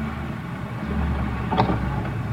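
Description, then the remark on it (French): A car engine rumbles low and steady as the vehicle rolls forward at a police check, with a brief knock partway through and no voices. “Contrôle de police, avancez votre voiture.”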